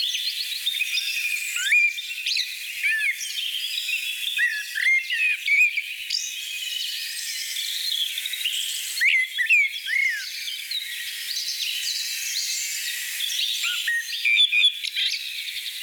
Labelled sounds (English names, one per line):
Common Blackbird song